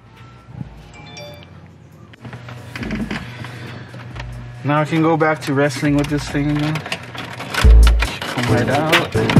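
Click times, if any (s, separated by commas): 2.8 s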